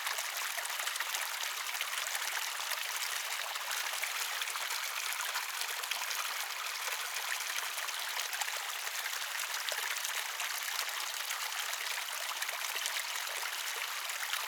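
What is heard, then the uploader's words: A flowing stream runs steadily with dense, bright splashing and trickling, unchanging throughout, with nothing low or deep underneath. Pure Flowing Stream Water.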